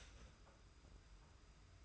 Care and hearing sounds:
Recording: daily activity, microphone in the room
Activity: start toaster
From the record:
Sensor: 2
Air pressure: 991.5 hPa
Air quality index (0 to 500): 188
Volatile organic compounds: 1000 ppm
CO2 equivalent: 6143 ppm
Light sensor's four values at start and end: 32/97/38/36 and 32/97/38/36

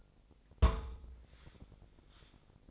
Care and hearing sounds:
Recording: daily activity, microphone in the room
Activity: place on stove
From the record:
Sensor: 5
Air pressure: 999.5 hPa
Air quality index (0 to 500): 221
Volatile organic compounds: 21 ppm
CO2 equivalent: 2708 ppm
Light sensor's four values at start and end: 30/69/28/28 and 30/68/28/28

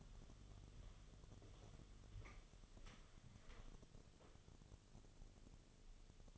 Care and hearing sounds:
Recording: daily activity, microphone in the room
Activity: walk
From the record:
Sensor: 4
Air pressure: 1016.2 hPa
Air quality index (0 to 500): 162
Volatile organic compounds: 6 ppm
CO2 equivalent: 1843 ppm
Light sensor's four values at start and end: 10/21/8/8 and 9/21/8/8

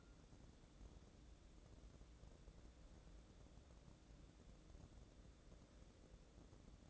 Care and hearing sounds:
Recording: daily activity, microphone in the room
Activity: wipe stove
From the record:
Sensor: 3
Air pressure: 1012.3 hPa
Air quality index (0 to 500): 176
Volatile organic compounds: 3 ppm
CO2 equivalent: 1350 ppm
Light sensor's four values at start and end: 585/1455/601/616 and 587/1458/602/617

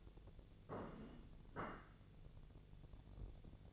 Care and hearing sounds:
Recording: daily activity, microphone in the room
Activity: place plate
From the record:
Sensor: 4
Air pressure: 1001.0 hPa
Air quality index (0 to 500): 144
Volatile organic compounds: 2 ppm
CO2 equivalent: 1060 ppm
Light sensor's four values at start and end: 26/62/26/27 and 26/62/26/27

